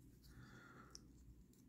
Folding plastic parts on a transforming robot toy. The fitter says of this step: you click them in place in place in place like Dorothy